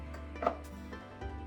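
A metal beater is pushed into the socket on the underside of a hand mixer and snaps into place with a single sharp click at 0.5 s, rising well above a steady low background hum. The beater is seated in the socket.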